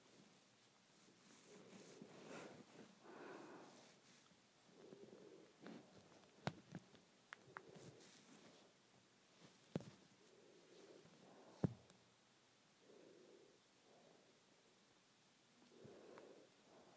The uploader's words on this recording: ASMR Hair Play.